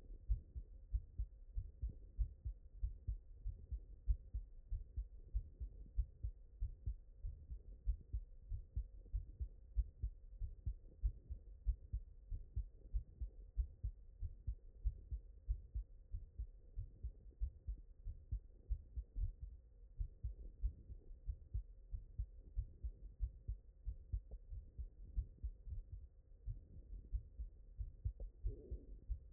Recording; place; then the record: heart sounds by stethoscope; mitral valve (MV)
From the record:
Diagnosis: HFrEF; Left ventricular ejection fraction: 27%